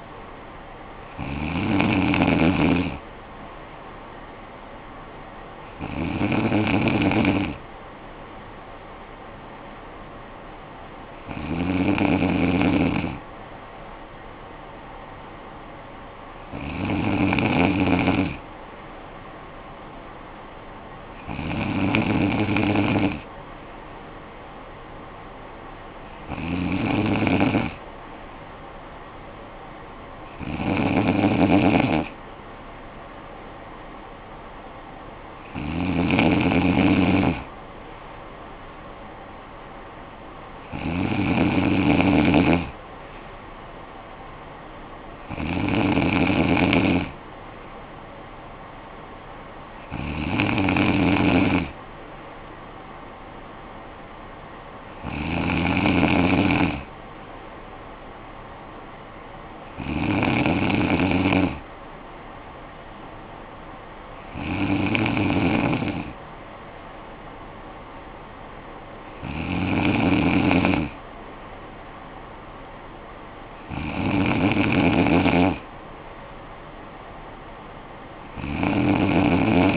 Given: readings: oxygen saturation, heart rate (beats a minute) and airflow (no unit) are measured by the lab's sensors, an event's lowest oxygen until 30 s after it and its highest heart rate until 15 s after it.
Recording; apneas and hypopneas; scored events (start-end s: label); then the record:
breathing in sleep by a voice recorder at the bedside; none
none scored
From the record:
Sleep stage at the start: N2 (light sleep); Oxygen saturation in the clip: 94 to 95%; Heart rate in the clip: 51 to 59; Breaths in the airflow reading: 16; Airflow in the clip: -9.9 to 6.4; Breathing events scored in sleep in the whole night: 445 in 7.6 hours asleep